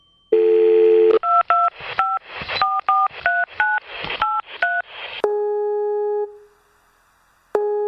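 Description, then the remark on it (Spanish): Telephone keypad tones: a dial tone, then about ten quick two-pitch beeps as keys are pressed in a rapid, uneven rhythm, followed by a long steady tone and a final short tone. “El presente cuestionario debe ser respondido con el teclado telefónico.”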